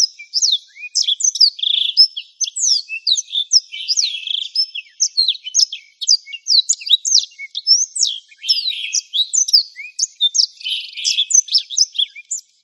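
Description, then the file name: Black-throated canary: blackthroat singing a long, lively warble of quick rising and falling notes and brief buzzy trills, delivered continuously with barely a break. "suara burung blackthroat"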